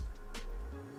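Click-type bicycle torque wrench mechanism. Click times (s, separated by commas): 0.3 s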